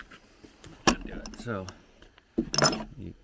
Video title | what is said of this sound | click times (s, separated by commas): Back to the Middle - Can we finish Route 6? | slide that right in there and that clicks and | 2.6 s